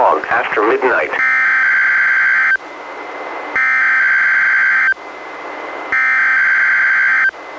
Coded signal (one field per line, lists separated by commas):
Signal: Emergency Alert System (SAME) tones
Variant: header bursts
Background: speech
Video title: EAS #665: NWR Required Weekly Test- July 27, 2022- 11:06AM PDT